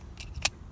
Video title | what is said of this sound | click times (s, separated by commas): The Gamo Phox specs and review | it through it kind of locks itself in place | 0.5 s